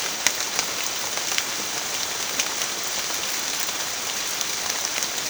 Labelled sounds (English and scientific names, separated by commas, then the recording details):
none
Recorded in pastures near Puerto Asís, Putumayo, Colombia, on 25 June 2025 at 14:00
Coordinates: 0.502, -76.324
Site G010